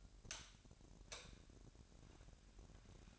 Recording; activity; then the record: daily activity, microphone in the room; light off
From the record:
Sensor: 2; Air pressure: 1011.8 hPa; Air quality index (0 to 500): 211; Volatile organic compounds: 3 ppm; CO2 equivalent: 1490 ppm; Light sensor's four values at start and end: 15/40/17/17 and 11/25/10/11